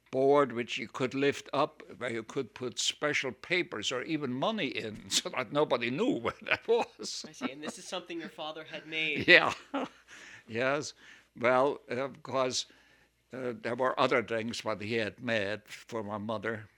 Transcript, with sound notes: board which you could lift up where you could put special papers or even money in so that nobody knew where that was. (he laughs)
I see. And this is something your father had made. (he laughs)
Yes, well, of course, there were other things that he made for my mother,